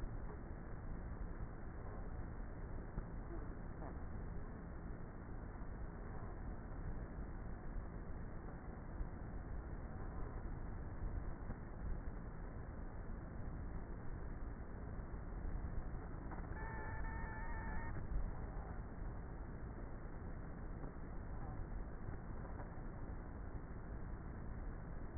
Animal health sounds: honeybee colony, microphone inside the hive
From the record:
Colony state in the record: queenless with a low population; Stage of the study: before two queens were removed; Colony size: about 30,000 bees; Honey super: no

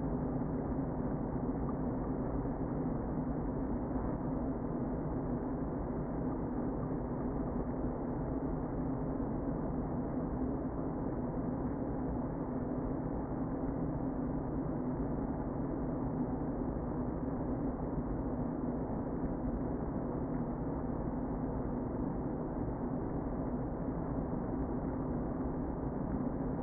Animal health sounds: honeybee colony, microphone inside the hive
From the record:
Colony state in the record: queen present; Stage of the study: before two queens were removed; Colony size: about 60,000 bees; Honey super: yes

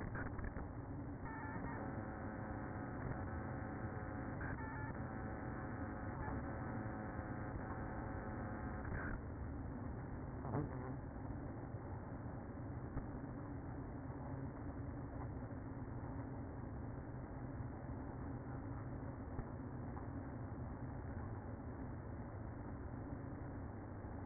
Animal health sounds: honeybee colony, microphone inside the hive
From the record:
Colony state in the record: queen present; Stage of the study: after two queens were removed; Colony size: about 60,000 bees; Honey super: yes

